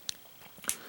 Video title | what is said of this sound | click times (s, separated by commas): Toy Spot - Bandai Pacific Rim Uprising Gipsy Avenger Figure | that back into place everything snaps back in together perfectly | 0.1 s, 0.7 s